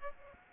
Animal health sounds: mosquito wingbeat signal from an infrared sensor; Aedes aegypti

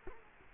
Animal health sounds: mosquito wingbeat signal from an infrared sensor; Culex quinquefasciatus

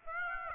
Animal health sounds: mosquito wingbeat signal from an infrared sensor; Aedes aegypti

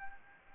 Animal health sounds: mosquito wingbeat signal from an infrared sensor; Anopheles arabiensis

